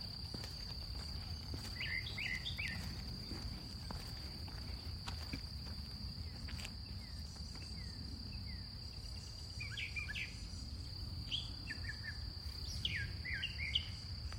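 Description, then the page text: Brown thrasher song: short varied chirped and slurred phrases scattered throughout, over a steady high insect drone and low rumbling background noise. Maryland, USA. "Maryland Biodiversity. Brown Thrasher ( Toxostoma rufum )"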